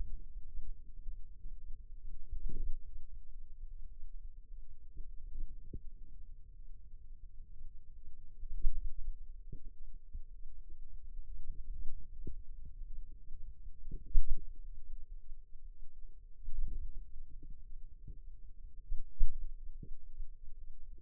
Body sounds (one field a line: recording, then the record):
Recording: forearm muscle sounds (acoustic myography)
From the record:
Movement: hand opening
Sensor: system 2, bracelet of six BSWA MPA416 microphones around the upper forearm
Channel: 5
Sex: female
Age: 22 years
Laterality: right